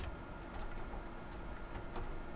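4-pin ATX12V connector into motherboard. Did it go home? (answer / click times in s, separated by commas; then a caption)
no / none. A 4-pin ATX12V power connector is handled at the motherboard socket behind the CPU, with faint light ticks and rustling over a steady low background hum. The connector has not yet seated or clicked in by the end of the clip.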